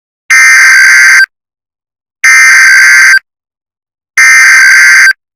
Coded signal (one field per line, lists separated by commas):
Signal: Emergency Alert System (SAME) tones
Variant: header bursts